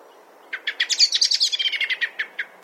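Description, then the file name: Common blackbird giving a fast rattling chatter of many sharp notes that quickly builds to loud, then fades and slows toward the end. "Turdus merula"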